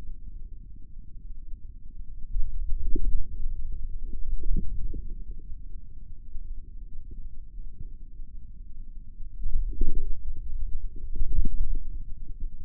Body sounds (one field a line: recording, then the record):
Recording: forearm muscle sounds (acoustic myography)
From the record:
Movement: inward rotation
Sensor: system 2, bracelet of six BSWA MPA416 microphones around the upper forearm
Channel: 3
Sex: male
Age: 22 years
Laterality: right